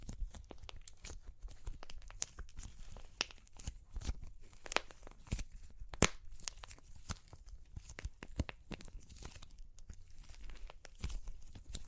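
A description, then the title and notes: Crunchy clay cracks and crumbles in dense, irregular bursts of sharp crackles throughout, with a few louder snaps, one standing out near six seconds. Super Crunchy Clay Cracking (No Talking).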